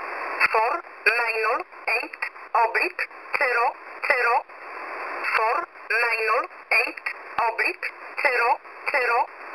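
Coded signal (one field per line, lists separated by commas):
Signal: numbers station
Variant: E11 Oblique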